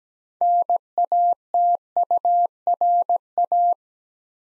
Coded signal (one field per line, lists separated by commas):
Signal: Morse code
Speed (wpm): 17 wpm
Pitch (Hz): 700 Hz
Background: none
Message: NATURA